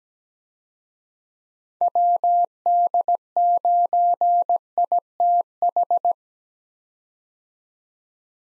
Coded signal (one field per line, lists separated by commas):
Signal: Morse code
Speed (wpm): 17 wpm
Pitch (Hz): 700 Hz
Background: none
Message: WD9ITH